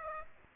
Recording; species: mosquito wingbeat signal from an infrared sensor; Aedes aegypti